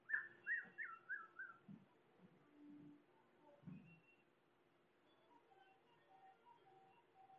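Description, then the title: Bird whistling a quick run of falling notes, then quieter scattered pips and a low hum. Bird chirping. "SuaraBurung Kicau"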